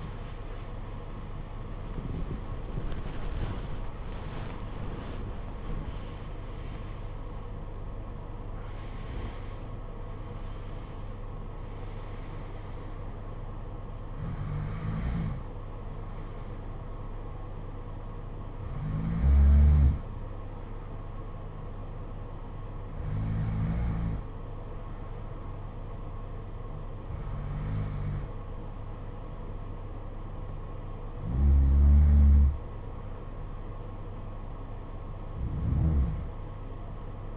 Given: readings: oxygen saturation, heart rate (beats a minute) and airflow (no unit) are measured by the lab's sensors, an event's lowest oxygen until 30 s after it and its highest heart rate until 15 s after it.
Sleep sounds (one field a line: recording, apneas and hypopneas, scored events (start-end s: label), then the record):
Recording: breathing in sleep by a smartphone at the bedside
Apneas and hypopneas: none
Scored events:
none scored
From the record:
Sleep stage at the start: REM sleep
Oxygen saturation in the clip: 73 to 96%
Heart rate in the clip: 52 to 91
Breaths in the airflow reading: 9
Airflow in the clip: -11.7 to 14.6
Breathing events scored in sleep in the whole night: 476 in 9.7 hours asleep